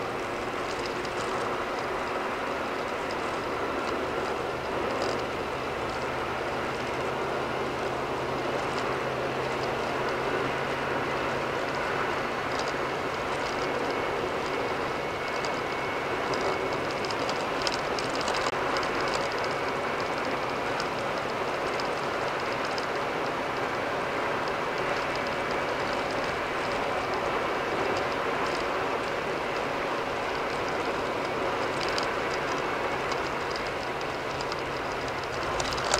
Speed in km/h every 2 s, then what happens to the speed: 93, 97, 98, 101, 105, 105, 109, 106, 108, 108, 109, 109, 113, 111, 109, 109, 106, 101.
0-11 speeds up to 109. 11-24 steady at about 109. 24-36 slows to 101.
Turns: none.